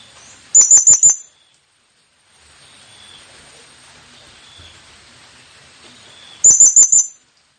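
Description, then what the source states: Blue-crowned hanging parrot, two short bursts of rapid, high-pitched squeaks, one at the start and another about six seconds later. Presented as an effective lure call for attracting the bird; local name serindit.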